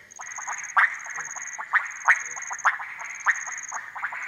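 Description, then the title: Frogs produce a dense chatter of short clucks, loud sharp notes breaking through now and then, with a high insect trill behind. Frogs gathered at small ponds and puddles in humid cloud forest, Harenna Forest; call day and night; overcast, hot, muggy afternoon; 23 September 2018; Sony PCM D100. "180923 Harenna Forest - Frogs At Pond"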